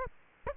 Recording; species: mosquito wingbeat signal from an infrared sensor; Aedes aegypti